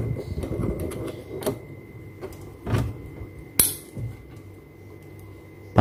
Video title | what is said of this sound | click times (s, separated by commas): SOUND PANGGUNG MEMUKAU! - Tutorial Penggunaan Trigger Kick Roland RT-30K dengan Module Alesis DM10 | dicolokin tuh pastikan ini teh Club ada bunyi klik gitu biar dia kunci ngunci oke | 3.6 s